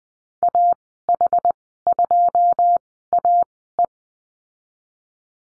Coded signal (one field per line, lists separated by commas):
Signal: Morse code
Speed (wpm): 20 wpm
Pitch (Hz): 700 Hz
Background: none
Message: AH2AE